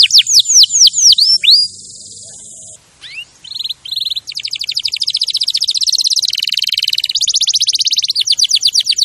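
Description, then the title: Canary song with falling whistles, a sustained high tone, a brief lull, then extended fast rattling trills at changing pitches. Champion canary song used as a master recording for training other birds. "Masteran Kenari Juara"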